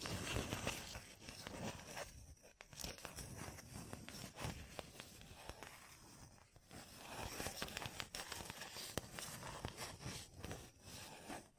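Gem-covered fingertips tap and scratch in a busy, unbroken stream of small crackly clicks and rough scraping, with sharper taps landing every second or so. The texture stays dense throughout, dipping briefly near the middle before picking up again.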